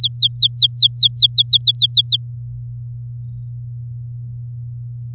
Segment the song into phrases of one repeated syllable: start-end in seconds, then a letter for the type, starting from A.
0.00-2.17 A